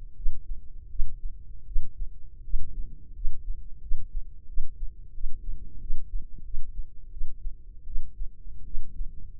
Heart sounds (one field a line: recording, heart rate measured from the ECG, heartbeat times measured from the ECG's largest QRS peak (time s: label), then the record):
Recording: heart sounds by microphone in the left ear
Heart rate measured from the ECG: 84 bpm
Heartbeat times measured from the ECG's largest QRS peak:
0.14 s: heartbeat
0.88 s: heartbeat
1.65 s: heartbeat
2.42 s: heartbeat
3.13 s: heartbeat
3.80 s: heartbeat
4.46 s: heartbeat
5.12 s: heartbeat
5.79 s: heartbeat
6.43 s: heartbeat
7.10 s: heartbeat
7.85 s: heartbeat
8.64 s: heartbeat
9.39 s: heartbeat
From the record:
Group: healthy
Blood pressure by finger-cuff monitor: 98/58 mmHg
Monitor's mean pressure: 69 mmHg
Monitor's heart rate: 85 bpm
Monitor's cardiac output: 7 L/min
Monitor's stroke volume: 86 mL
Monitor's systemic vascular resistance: 690 dyn s/cm5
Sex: female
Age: 22 years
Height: 157 cm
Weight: 47.6 kg